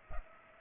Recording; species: mosquito wingbeat signal from an infrared sensor; Culex pipiens